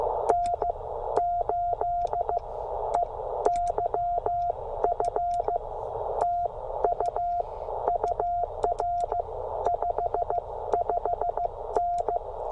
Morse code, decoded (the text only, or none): N8EYF TU UR 55N